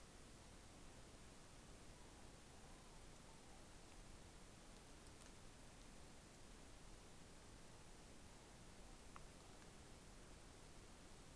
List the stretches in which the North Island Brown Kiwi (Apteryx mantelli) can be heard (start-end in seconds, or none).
none